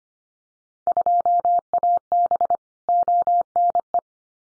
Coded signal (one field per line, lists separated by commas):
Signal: Morse code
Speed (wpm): 25 wpm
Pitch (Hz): 700 Hz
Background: none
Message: 2AB ONE